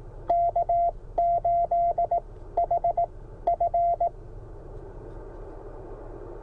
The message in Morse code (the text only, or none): K8HF